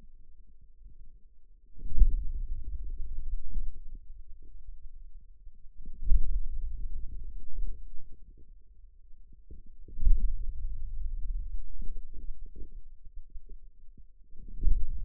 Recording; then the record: forearm muscle sounds (acoustic myography)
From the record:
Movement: hand closing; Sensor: system 2, bracelet of six BSWA MPA416 microphones around the upper forearm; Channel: 5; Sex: male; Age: 22 years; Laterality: right